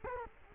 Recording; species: mosquito wingbeat signal from an infrared sensor; Culex quinquefasciatus